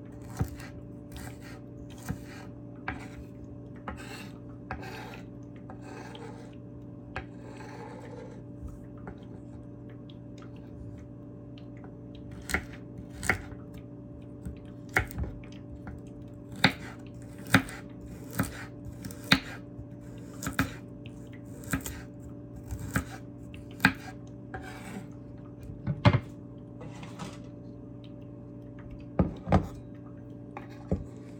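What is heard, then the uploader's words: A carrot is chopped with sharp knife strikes landing on a board. The cuts start sparse and uneven, then come faster and more regular after about twelve seconds. A steady low hum runs underneath throughout. ASMR Carrot Chopping.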